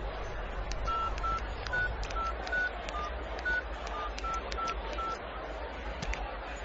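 A phone number is punched in: about ten short, evenly spaced keypad tones beep in quick succession over a low steady hum, with no voices.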